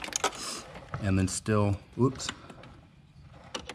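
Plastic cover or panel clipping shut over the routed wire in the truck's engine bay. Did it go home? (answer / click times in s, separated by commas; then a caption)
yes / 3.6 s, 3.7 s. A plastic cover or panel is pushed back down to lock shut over an add-a-fuse wire routed behind a small clip in a Tacoma TRD Pro's engine bay. Someone talks as the first try goes wrong, then two sharp clicks at 3.6 and 3.7 seconds mark the cover locking into place.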